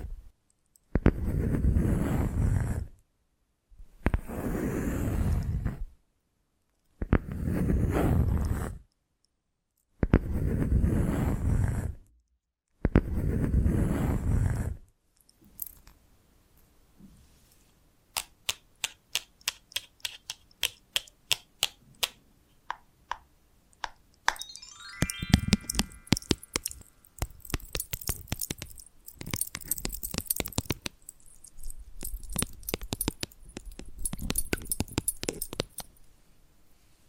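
Scratching comes first in five even bursts of rough, hissing noise, each about two seconds long with short silences between. Sharp, dry taps follow, sparse at first, then speeding up into dense, busy tapping from about 25 seconds to the end.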